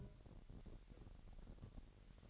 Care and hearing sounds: daily activity, microphone in the room; take from stove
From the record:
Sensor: 4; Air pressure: 1012.9 hPa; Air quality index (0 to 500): 238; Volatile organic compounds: 4 ppm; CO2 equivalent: 1587 ppm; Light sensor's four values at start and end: 28/66/26/25 and 27/64/26/25

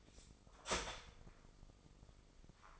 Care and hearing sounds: daily activity, microphone in the room; start toaster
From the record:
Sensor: 5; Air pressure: 995.4 hPa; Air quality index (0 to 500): 107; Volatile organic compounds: 8 ppm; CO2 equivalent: 2067 ppm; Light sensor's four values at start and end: 32/77/31/31 and 33/79/32/32

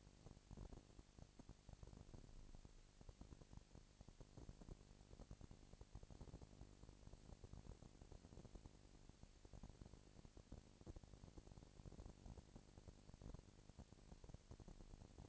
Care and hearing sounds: daily activity, microphone in the room; no activity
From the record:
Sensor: 5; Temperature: 20.1 degrees Celsius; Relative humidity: 38.3%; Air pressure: 998.9 hPa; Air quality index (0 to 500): 218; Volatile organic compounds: 24 ppm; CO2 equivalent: 2805 ppm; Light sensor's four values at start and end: 2/3/1/1 and 2/3/1/1

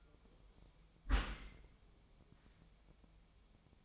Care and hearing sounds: daily activity, microphone in the room; close dishwasher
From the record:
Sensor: 1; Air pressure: 1004.7 hPa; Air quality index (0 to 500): 112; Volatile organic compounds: 4 ppm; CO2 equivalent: 1548 ppm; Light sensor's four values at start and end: 9/22/8/9 and 9/22/8/9

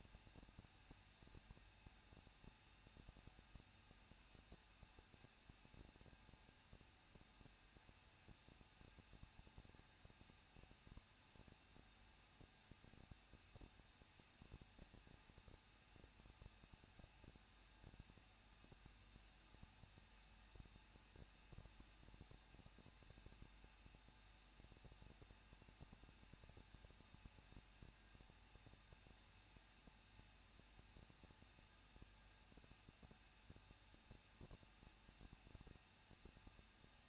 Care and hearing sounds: daily activity, microphone in the room; no activity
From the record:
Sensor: 2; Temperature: 21.0 degrees Celsius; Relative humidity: 37.4%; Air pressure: 1006.2 hPa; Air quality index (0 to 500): 222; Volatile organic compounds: 24 ppm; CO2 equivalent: 2809 ppm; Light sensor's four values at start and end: 2/3/2/2 and 2/3/2/2

